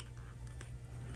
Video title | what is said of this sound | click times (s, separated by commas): How To Make A Tissue Box Holder/Easy Tissue Box Cover Sewing Tutorial/Simple DIY Tissue Box Cover | when you hear the click that mean it's in so like that | 0.6 s